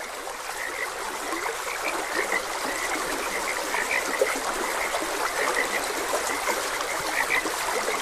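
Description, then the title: Frogs croaking, short chirpy notes repeated irregularly through a steady rush of flowing stream water. Frogs croaking beside a gentle stream. "Gentle Stream and Frogs Croaking"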